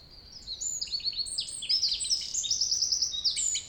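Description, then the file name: Eurasian wren song: a loud, fast outpouring of high trills and sharp twittering notes, delivered almost continuously with rapid buzzy rattles. "Troglodytes troglodytes"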